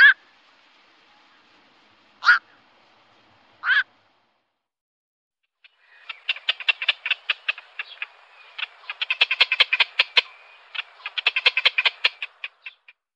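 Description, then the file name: Black-crowned night heron calls: three harsh, abrupt single croaks, then long bursts of rapid clattering chatter. "Natthager"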